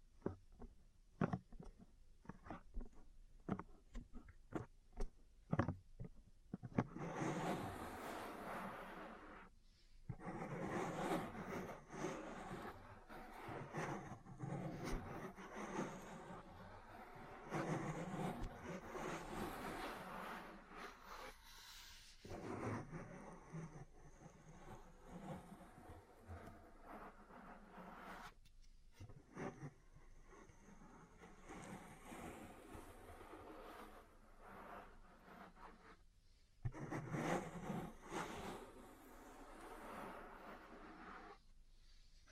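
Ear cleaning and massage sounds: quick tapping clicks fill the first several seconds, then give way to dense, rubbing and scraping bursts with brief pauses. Short gaps near 22, 29 and 36 seconds break the friction, and faint tapping returns between passages.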